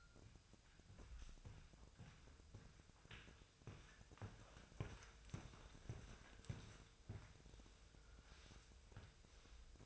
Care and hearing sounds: daily activity, microphone in the room; walk to room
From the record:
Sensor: 2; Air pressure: 999.3 hPa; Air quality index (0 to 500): 193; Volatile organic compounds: 26 ppm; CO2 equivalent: 2860 ppm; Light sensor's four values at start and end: 7/16/7/7 and 6/15/6/6

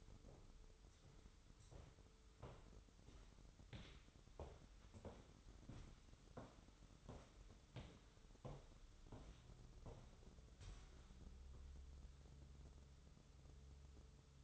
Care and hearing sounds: daily activity, microphone in the room; walk to room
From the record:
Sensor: 3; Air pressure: 988.1 hPa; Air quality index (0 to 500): 140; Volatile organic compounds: 39 ppm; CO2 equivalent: 3137 ppm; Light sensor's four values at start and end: 27/82/34/30 and 27/81/34/30

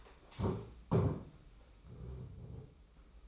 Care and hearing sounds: daily activity, microphone in the room; stand up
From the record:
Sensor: 1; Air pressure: 991.7 hPa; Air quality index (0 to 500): 153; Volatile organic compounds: 1000 ppm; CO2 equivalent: 5655 ppm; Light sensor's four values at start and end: 30/102/39/40 and 30/100/39/39

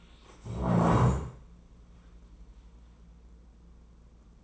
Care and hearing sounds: daily activity, microphone in the room; stand up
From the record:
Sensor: 1

